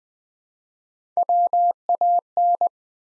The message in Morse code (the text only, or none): WAN